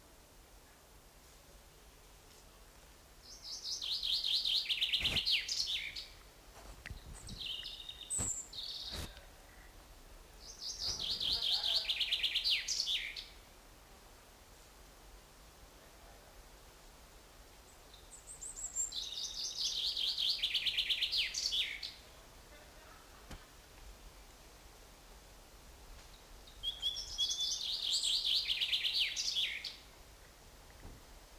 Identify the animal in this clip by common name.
Common Chaffinch